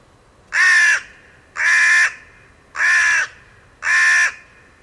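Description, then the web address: Bird producing four drawn-out, rasping caws at an even pace, a bit over a second apart. "cianscape. Deverinetal. Bird Only"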